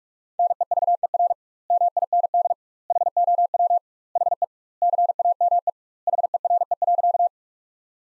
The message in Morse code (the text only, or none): NEVER MIND HOW HE CAME HERE.